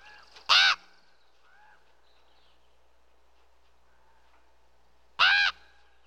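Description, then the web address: Common raven giving two loud, harsh, hoarse caws about four and a half seconds apart, with faint calls of other birds between them. Other birds calling in the background. "bird raven common calls other birds in bg"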